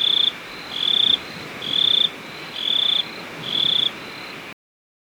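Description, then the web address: Cricket chirps in steady high buzzy pulses, each burst lasting about half a second with short gaps between, ending abruptly in silence. "best service Blue Box animals crickets 2"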